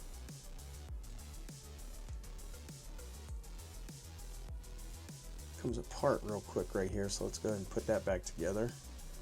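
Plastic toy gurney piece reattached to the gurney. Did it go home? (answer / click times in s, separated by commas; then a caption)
no / none. A detached piece of the plastic toy gurney from a 1/18 scale Ghostbusters Plasma Series Ecto-1 (1984) die-cast vehicle is handled to be pushed back on. Music with a steady beat plays throughout, and someone talks near the end. Nothing has seated or clicked yet.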